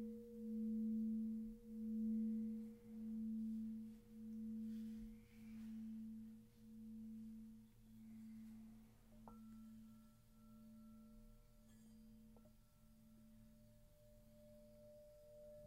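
A singing bowl hums a low, steady note that pulses in slow, even waves about once a second, gradually softening as it rings out. Around nine seconds a higher, thin tone joins, then shifts lower near twelve seconds.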